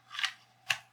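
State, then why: Seated. A pistol is pushed into a molded "We The People" holster: a softer scraping burst around 0.2 s as it slides in, then a sharp, bright click at 0.7 s. The click is the retention snapping over the trigger guard, and the pistol is seated.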